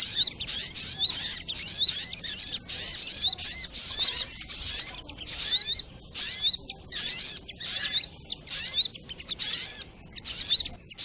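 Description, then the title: Spiderhunter song as a long series of quick, high, squeaky bursts with downward slurs, delivered steadily with short gaps. Training audio (masteran); labelled Labaik. "Sogok Ontong Labaik"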